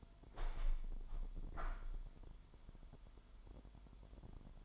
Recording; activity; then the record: daily activity, microphone in the room; open window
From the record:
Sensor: 5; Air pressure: 998.6 hPa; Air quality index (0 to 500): 104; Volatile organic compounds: 2 ppm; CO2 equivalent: 1198 ppm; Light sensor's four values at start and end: 38/94/39/44 and 38/94/39/44